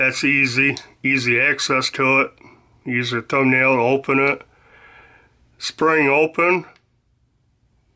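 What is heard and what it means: Someone talks while the small blade of a Rough Rider 1528 Copperstone toothpick slipjoint pocket knife is opened with a thumbnail and swings under back-spring tension, a spring that is not super strong. Only speech and quiet handling are heard, and the blade has not yet snapped into the open position; nothing has seated or clicked yet.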